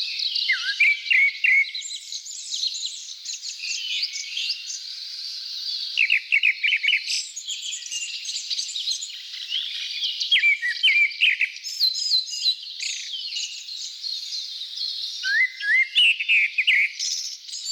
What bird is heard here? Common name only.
Grey-backed Thrush